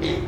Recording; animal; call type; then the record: contact call of a hoofed animal; pig; closed-mouth grunt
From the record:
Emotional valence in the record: positive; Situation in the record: food and toys in familiar pen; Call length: 0.28 s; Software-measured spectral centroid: 1900 Hz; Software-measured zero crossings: 1450 a second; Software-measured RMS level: -24 dBFS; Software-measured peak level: -12 dBFS